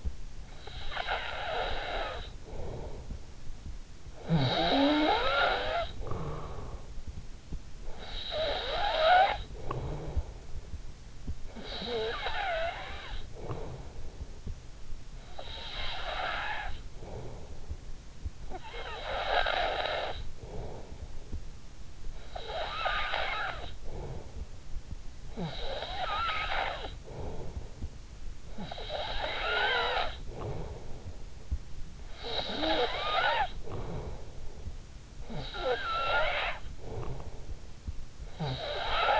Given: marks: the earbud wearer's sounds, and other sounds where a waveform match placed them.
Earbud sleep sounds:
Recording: sounds in sleep by an in-ear microphone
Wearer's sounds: snoring breath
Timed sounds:
0.00-21.73 s: snoring breath
21.90-39.20 s: snoring breath

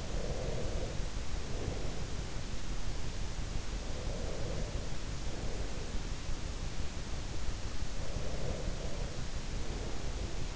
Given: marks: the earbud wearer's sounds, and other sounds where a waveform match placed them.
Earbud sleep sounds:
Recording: sounds in sleep by an in-ear microphone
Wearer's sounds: breath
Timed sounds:
0.00-2.33 s: breath
3.86-5.93 s: breath
7.98-10.56 s: breath

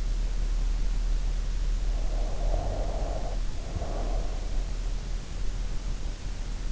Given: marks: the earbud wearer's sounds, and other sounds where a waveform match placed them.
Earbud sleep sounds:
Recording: sounds in sleep by an in-ear microphone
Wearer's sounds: breath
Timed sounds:
2.09-4.86 s: breath

